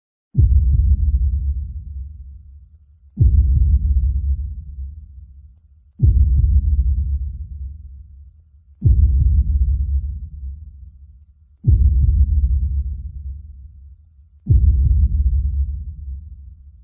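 Strong heartbeat: deep, booming low thumps, one about every three seconds, each fading slowly before the next.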